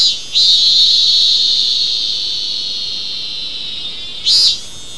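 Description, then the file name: Insect trill: a loud, continuous high buzz that slowly fades over several seconds, then a short, sharper burst near the end. "mainly insect"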